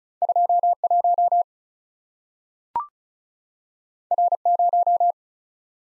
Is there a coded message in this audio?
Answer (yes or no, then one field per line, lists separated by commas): yes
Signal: Morse code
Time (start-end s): 0.2-5.1 s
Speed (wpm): 36 wpm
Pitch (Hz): 700 Hz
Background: none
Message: 21 R0